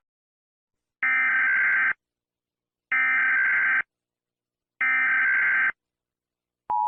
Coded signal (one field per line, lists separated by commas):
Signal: Emergency Alert System (SAME) tones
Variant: header bursts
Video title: When EAS Alarms 1